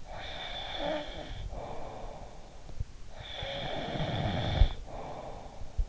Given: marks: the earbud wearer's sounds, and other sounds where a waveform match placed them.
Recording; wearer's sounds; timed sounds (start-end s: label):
sounds in sleep by an in-ear microphone; snoring breath
0.00-2.96 s: snoring breath
3.09-5.85 s: snoring breath